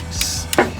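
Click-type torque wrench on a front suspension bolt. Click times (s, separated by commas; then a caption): 0.5 s. A click-type torque wrench set to about 90 is pulled on a bolt during an S13 front suspension swap on a 910 Bluebird. A brief rustle around 0.2 s is followed by a sharp click at 0.5 s and a short ringing thud just after. The wrench breaks over at its setting, showing the fastener is torqued to spec.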